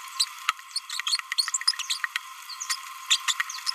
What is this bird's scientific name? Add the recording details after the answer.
Forpus passerinus. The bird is a male. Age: 27 days. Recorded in a nest box in Venezuela. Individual 17B31A2